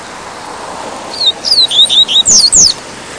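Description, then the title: Double-collared Seedeater song: a quick, high phrase of slurred, descending whistled notes, with sharp downward sweeps near the end, over a steady low hiss. "Canto Coleiro"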